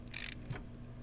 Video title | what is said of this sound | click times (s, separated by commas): DIY Side-by-Side Tire Change: Easy Steps for Homesteaders | click yes she's so perfect | 0.2 s